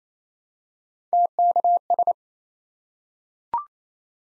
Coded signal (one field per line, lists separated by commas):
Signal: Morse code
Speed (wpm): 27 wpm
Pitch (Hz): 700 Hz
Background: none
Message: TKS